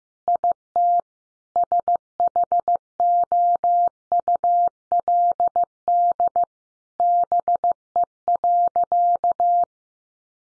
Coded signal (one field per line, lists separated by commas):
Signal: Morse code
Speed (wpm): 15 wpm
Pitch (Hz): 700 Hz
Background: none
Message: IT SHOULD BE.